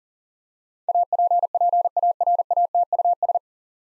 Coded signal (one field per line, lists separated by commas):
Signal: Morse code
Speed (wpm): 40 wpm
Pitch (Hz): 700 Hz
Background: none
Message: APPARATUS